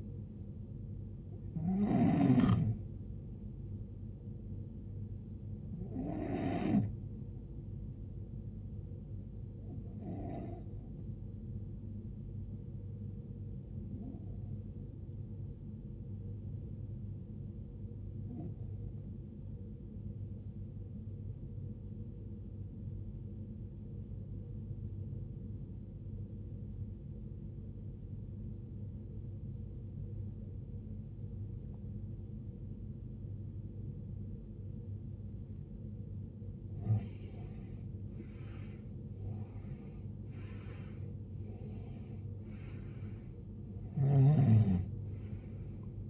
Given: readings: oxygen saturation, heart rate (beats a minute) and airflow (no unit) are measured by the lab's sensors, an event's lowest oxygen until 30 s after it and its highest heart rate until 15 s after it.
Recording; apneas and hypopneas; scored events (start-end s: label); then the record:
breathing in sleep by a smartphone at the bedside; 1
22.00-37.80 s: obstructive apnea (N2, oxygen 96% highest, then 86% lowest, heart rate 65 at the start, 75 highest)
From the record:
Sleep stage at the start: N2 (light sleep); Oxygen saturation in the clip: 88 to 96%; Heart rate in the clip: 60 to 77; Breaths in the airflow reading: 7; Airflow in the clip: -18.2 to 19.3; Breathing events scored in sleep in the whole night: 389 in 6.3 hours asleep